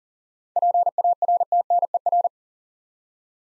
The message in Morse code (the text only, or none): PARTNER